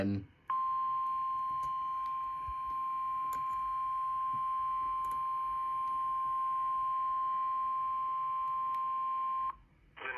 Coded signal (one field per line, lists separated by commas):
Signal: Emergency Alert System (SAME) tones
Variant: 1050 Hz attention tone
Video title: TWIN CITIES ACTION… SVR on KEC65 (5/11/22) (EAS #82)